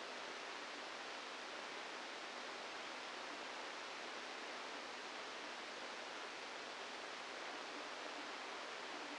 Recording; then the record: brain microelectrode recording played as sound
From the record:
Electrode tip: inside the subthalamic nucleus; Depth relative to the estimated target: -2 mm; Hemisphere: left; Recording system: NeuroSet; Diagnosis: Parkinson's disease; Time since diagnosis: 27 years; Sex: male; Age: 62 years